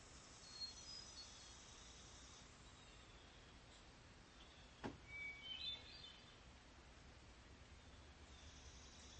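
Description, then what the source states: Hermit Thrush phrases, faint, heard early and again midway, with a single sharp click just before the second. Sung in the morning from near a pond, heard from a porch as fog lifts after a rainy night, Monday, July 6, 2020; bird singing vigorously.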